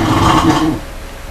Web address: brown bear